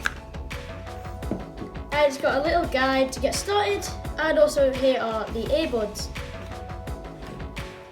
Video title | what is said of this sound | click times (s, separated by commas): Soundcore Liberty 2 Pro Review And Unboxing! Does It Really Have In-Ear Studio Performance?! | and as you can see the hinge opens as well makes really satisfying click | 0.1 s